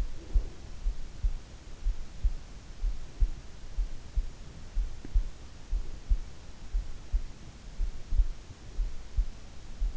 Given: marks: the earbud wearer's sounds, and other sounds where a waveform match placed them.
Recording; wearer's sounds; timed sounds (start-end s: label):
sounds in sleep by an in-ear microphone; breath
0.00-0.84 s: breath